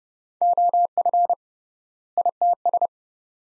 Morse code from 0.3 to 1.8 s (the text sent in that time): OF